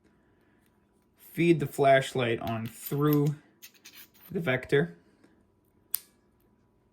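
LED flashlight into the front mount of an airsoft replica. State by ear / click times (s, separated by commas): seated / 5.9 s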